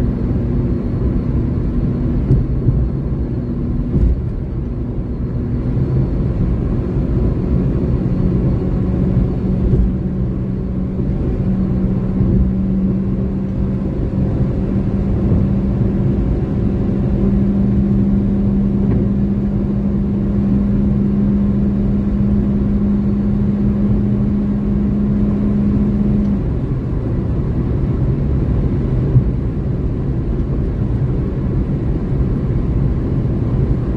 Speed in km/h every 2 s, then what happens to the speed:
138, 138, 139, 142, 144, 147, 149, 152, 154, 156, 157, 159, 160, 159, 159, 159, 159.
0-22 speeds up to 159. 22-34 steady at about 159.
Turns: none.